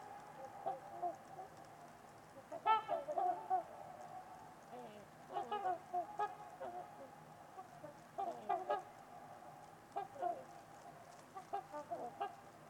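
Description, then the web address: Trumpeter swans honking in scattered bursts of resonant, nasal, horn-like notes, several overlapping, with quiet gaps between groups throughout. Trumpeter swans on a winter evening at Winters Lake in a deep, silent valley with distant white noise. "Trumpeter Swans on a Winter's Eve. Wind Is the Original Radio. Winters-Lake-with-Swan"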